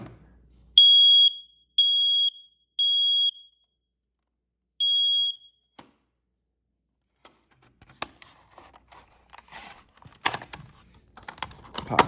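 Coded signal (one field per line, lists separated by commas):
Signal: alarm pattern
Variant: smoke alarm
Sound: three loud high beeps, a pause, a fourth beep, then clicks and rustling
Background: handling noise, room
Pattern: temporal three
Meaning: Temporal-three pattern is the standard smoke/fire evacuation signal, here sounded as a test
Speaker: right here is the SA710.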